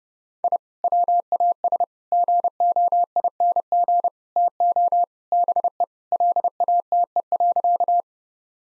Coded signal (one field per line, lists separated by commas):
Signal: Morse code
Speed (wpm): 32 wpm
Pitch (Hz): 700 Hz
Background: none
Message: I WAS GOING TO BE LATE.